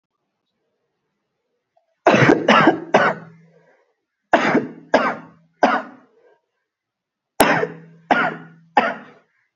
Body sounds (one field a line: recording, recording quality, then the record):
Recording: heavy voluntary cough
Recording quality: excellent, no background noise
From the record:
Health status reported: COVID-19 positive, mild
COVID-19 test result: positive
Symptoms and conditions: cough, cold, fatigue, muscle pain, loss of smell and taste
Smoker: not ticked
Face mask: worn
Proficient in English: yes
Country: India